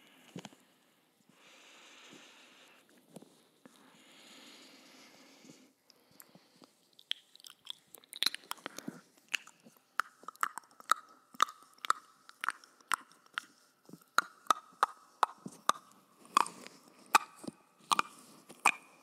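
Mouth sounds, starting with a few seconds of soft, breathy wet noise and scattered clicks. From about seven seconds on, sharp clicks and smacks come quickly and irregularly, several per second, with a thin, steady, faint tone running underneath through the second half.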